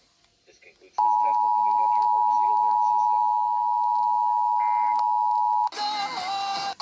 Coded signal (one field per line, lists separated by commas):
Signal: Emergency Alert System (SAME) tones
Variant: 853 and 960 Hz attention tone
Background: speech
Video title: MCLEAN AND RANKIN COUNTIES… Mass. and NH Required Monthly Tests - January 2025 (EAS #1,524-1,535)